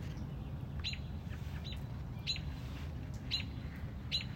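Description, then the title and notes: Robin calling with short, sharp chips spaced about a second apart over a constant low rumble. Mother robin on a front porch, protecting a newly hatched chick. "A Mother Robin’s Love. Stubbled upon a Mother Robin on our front porch. Protecting a newly born baby Robin"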